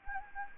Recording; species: mosquito wingbeat signal from an infrared sensor; Anopheles gambiae